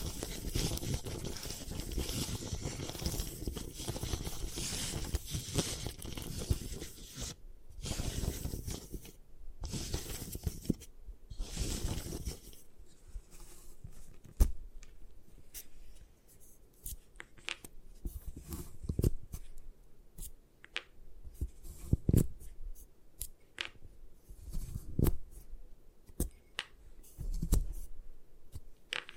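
Gym chalk being destroyed: for the first twelve seconds a dense, gritty crumbling and rubbing runs almost continuously, broken by brief pauses. After that it thins to scattered sharp cracks and taps every second or two, with quieter scraping between them.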